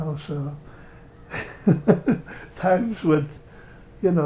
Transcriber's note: chuckles